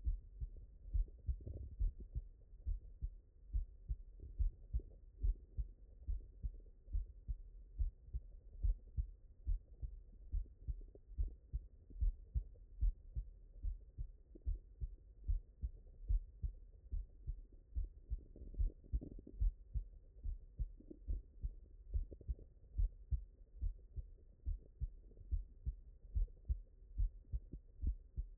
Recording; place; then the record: heart sounds by stethoscope; mitral valve (MV)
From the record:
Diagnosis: non-HFrEF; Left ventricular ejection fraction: 62%